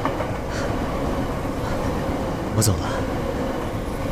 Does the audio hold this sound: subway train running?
yes